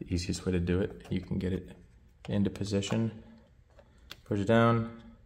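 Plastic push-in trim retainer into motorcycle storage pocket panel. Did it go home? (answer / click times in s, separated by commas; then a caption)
no / none. Someone talks while a black plastic push-in trim retainer is lined up in the storage pocket trim panel of a 2015-2022 Yamaha YZF-R1 motorcycle, ready to be pressed down. Brief faint handling ticks come near 3.8 s and 4.1 s, but nothing has seated or snapped into place yet.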